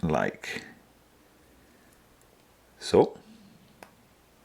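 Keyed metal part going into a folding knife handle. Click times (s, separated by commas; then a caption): 3.8 s. During reassembly of a Benchmade Mini Bugout pocketknife, a keyed metal part is pressed into its keyed position in the handle while someone talks. A sharp, short click at 3.8 s marks the part seating into place.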